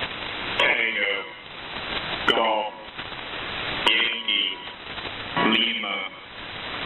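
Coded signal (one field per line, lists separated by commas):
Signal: coded military voice message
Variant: HFGCS EAM, English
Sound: four short bursts of radio voice, likely reading phonetic characters, with static between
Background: radio static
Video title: HFGCS EAMs 09-10-2018 2303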